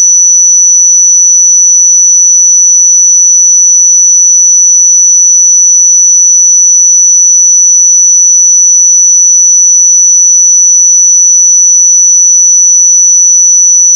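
A pure sine tone at 5939 Hz holds perfectly steady for the whole clip, a single thin, piercing high whistle with no wavering in pitch or loudness. Nothing else sounds around it, and it cuts off abruptly at the very end.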